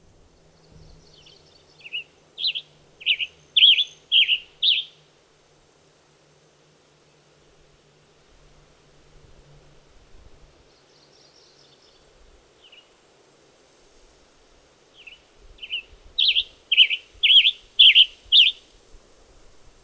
Western Tanager song recorded on the Bridal Veil Falls Trail in Rocky Mountain National Park.